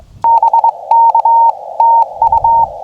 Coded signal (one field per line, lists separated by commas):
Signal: Morse code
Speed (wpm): 23 wpm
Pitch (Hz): 920 Hz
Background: none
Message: BK TU